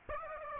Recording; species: mosquito wingbeat signal from an infrared sensor; Aedes aegypti